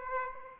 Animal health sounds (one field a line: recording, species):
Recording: mosquito wingbeat signal from an infrared sensor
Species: Aedes aegypti